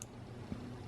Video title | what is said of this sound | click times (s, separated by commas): Frank's Life- The Super Tank by Tobeco [Frank's Life] | of an air hole so there's that it does click into place and there's that | 0.0 s